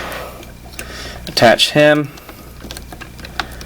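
A plastic part is handled near the head of a Grand Master Gundam action figure, after its winged backpack pieces have been moved forward so the part can snap on. Someone talks briefly while small plastic handling ticks and taps are heard. Nothing has seated or clicked into place yet.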